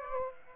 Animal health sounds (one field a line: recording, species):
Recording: mosquito wingbeat signal from an infrared sensor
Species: Aedes aegypti